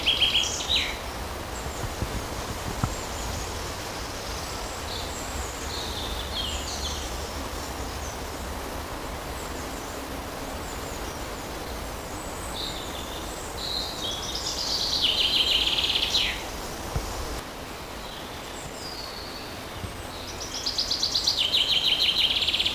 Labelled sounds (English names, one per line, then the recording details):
Common Chaffinch song
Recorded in the wild
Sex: male
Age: adult
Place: Forsthaus Dreilinden, Wannsee, Berlin, DE
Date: 1997-06-08 16:45
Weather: fair, ca. 26°C, gusty winds
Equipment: Nagra SN, Kopie Uher 4000 Report Monitor
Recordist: Tembrock, Günter